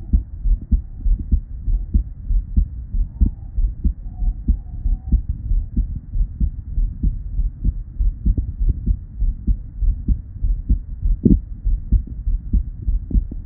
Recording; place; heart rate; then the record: heart sounds by stethoscope; Erb's point; 105 bpm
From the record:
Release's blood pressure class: normal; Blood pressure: 112/61 mmHg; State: at rest